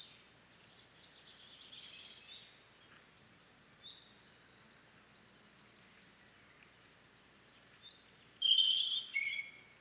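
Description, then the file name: European robin song, faint high warbling early on, then a louder, brighter burst of tumbling notes near the end over a hiss of background noise. "Erithacus rubecula"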